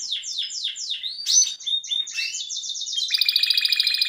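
Canary singing a quick series of descending slurred notes and chirps that build into a high, rapid rolling trill.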